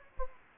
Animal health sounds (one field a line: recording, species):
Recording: mosquito wingbeat signal from an infrared sensor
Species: Anopheles gambiae